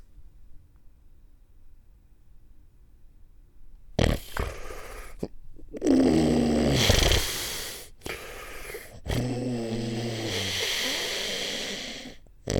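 A quiet stretch, then loud rattling snores broken by brief silent pauses: snoring in sleep apnea in an adult sleeper.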